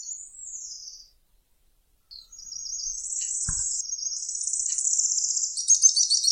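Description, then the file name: Araucaria tit-spinetail gives a short high trill, falls silent, then delivers an extended buzzy rattle that grows louder, with a brief tap in the middle. "canto do grimpeiro"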